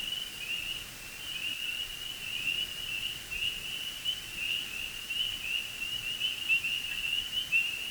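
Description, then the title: Spring peepers in a thick chorus of shrill rising peeps blending into a persistent high drone. Early-spring chorus; persistent, delicate whistle-like peeping drone. "Spring Peepers and two other frog species calling in early spring"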